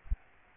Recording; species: mosquito wingbeat signal from an infrared sensor; Aedes aegypti